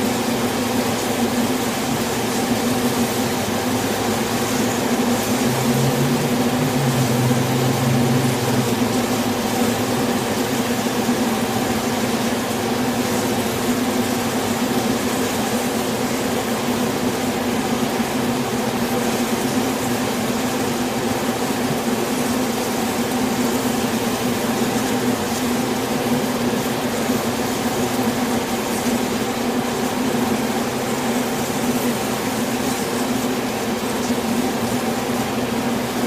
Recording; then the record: honeybee colony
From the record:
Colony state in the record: swarm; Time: day